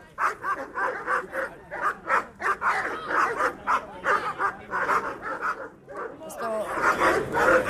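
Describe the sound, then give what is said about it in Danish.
Police dogs held by three police officers bark loudly at a man filming with his phone in Copenhagen, in a rapid, insistent series of sharp yaps, with some higher whimpering yips mixed in and voices murmuring underneath. “Der står tre politibetjente med gøende hunde overfor en fyr, der står med sin telefon og filmer lige når det.”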